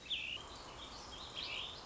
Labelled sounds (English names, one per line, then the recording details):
Warbling Vireo
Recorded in Sonoma County, California